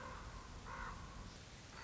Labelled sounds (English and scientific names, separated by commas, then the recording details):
Common Raven (Corvus corax)
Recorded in Sonoma County, California